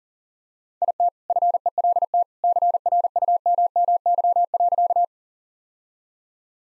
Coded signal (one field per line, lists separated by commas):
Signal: Morse code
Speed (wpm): 40 wpm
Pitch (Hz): 700 Hz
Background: none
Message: IT FELT CRUMMY.